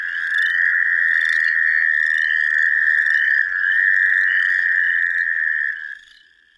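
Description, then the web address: Canadian toad giving one steady, even-pitched trill that runs about six seconds without a break, then stops. North America. "Songs of Frogs Toads of North America. Canadian Toad"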